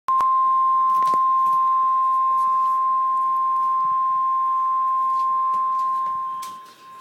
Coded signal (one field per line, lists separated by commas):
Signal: Emergency Alert System (SAME) tones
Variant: 1050 Hz attention tone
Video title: REAL EAS 415-Severe thunderstorm warning